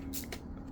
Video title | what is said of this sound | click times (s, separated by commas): KOONE Handheld Inkjet Printer | There it goes. I heard a little snap in there. | 0.3 s